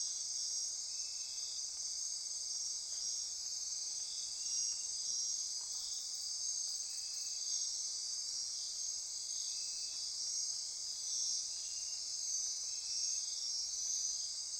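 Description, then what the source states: Dense insect chorus of piercing continuous trills, overlaid by intermittent lower pulsed buzzes that come and go through the whole stretch. Insect chorus recorded at midnight near Corcovado.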